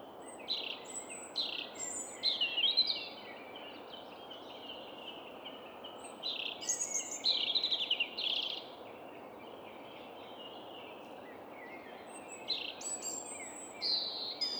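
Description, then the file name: European robin song: high, thin, varied warbling phrases in short bursts separated by pauses, over a steady background hiss. "Erithacus rubecula"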